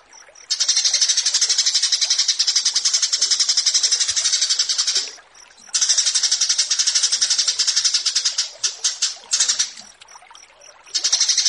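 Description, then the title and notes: Australasian bushlark song: rapid, dense buzzy chatter of high repeated notes, broken by two short pauses. Branjangan song on a bird-keeping tutoring (masteran) recording, titled branjangan versus burger. "Branjangan VS BURGER Masteran Mewah 1. burung BRANJANGAN"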